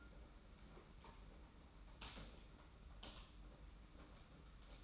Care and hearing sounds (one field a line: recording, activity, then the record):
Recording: daily activity, microphone in the room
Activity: typing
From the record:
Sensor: 1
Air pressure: 991.7 hPa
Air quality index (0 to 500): 173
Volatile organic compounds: 1000 ppm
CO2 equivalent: 6550 ppm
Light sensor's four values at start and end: 29/100/38/39 and 29/99/38/39